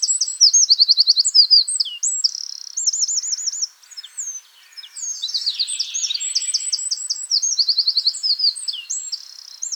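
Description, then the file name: Eurasian wren song: loud, very high trills and rattles delivered in quick succession, phrases running almost continuously with one short break. "Troglodytes troglodytes"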